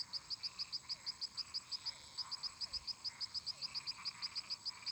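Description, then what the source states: Frogs and toads: frog chorus: steady, rhythmic high clicks about three per second, with a brief gap, layered over a softer trilling crowd of frogs. Many toads and frogs calling together in a marsh.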